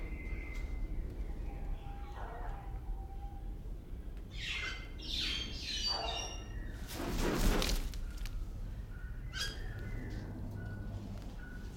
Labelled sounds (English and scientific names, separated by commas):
Bali Myna (Leucopsar rothschildi)